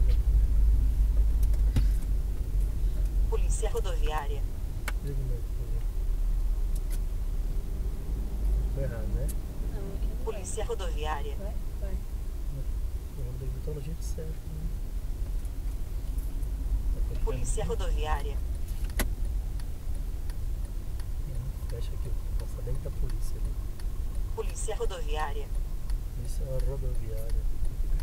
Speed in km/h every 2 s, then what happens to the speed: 13, 10, 8, 7, 7, 8, 8, 10, 10, 10, 10, 9, 8, 8.
0-6 slows to 7. 6-28 steady at about 8.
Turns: none.